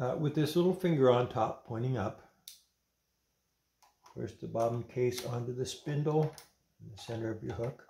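A metal bobbin case for a Kenmore 158 950 sewing machine is handled with its little finger pointing up, about to be pushed onto the spindle in the center of the rotary hook. Someone talks throughout, with a few faint handling sounds in a quiet pause around 2.5 and 3.8 seconds. Nothing has seated or clicked yet.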